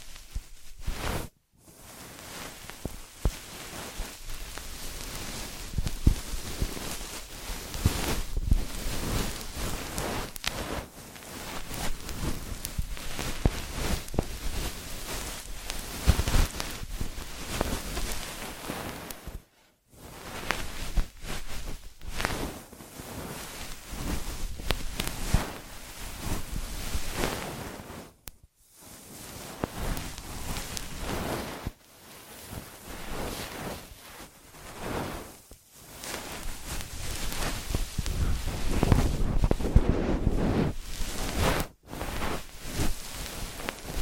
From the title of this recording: Ear Massage, Cleaning